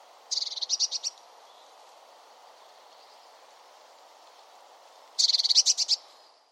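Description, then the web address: Bird giving short, high, buzzy trilled bursts of rapid pulses, two bursts about five seconds apart, over a steady low hiss. "Deverinetal 2025 File origin Bird Only Cy Ca"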